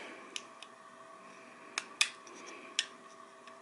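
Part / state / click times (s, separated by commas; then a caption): recoil spring and barrel into pistol frame / not seated / none. During reassembly of an older Walther P22 .22 pistol, the barrel and its recoil spring are wiggled against the pistol frame so the spring end can find its hole. A few short, sharp ticks and taps sound at about 0.4, 0.6, 1.8, 2.0 and 2.8 seconds over a quiet background. The parts are only being handled, and nothing has seated or clicked into place yet.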